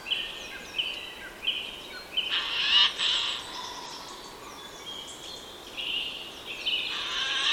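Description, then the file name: Eurasian jay uttering loud, hoarse screeches midway and again near the end, after a series of short repeated calls. "Garrulus glandarius"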